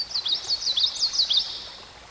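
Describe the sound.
Songbird song: a rapid run of high, sliding chirps and whistles, rising and falling quickly, fading out after about a second and a half over faint background hiss.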